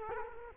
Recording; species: mosquito wingbeat signal from an infrared sensor; Culex quinquefasciatus